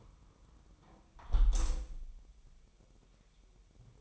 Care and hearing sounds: daily activity, microphone in the room; close window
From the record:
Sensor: 1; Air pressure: 1000.3 hPa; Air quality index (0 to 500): 246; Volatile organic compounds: 137 ppm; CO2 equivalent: 3962 ppm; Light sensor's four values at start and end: 11/27/11/12 and 10/25/10/11

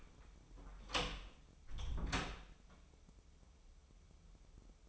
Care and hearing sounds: daily activity, microphone in the room; close door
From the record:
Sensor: 1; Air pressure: 996.1 hPa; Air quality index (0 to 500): 62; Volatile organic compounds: 3 ppm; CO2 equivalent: 1516 ppm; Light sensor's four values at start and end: 14/34/14/16 and 14/33/14/16

